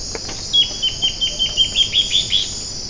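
Bird giving a rapid run of about ten sharp, high chirps at an even pace, over a constant high-pitched hiss.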